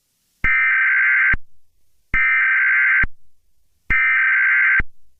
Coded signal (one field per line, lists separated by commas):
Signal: Emergency Alert System (SAME) tones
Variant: header bursts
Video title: EAS Scenario #26: BEES!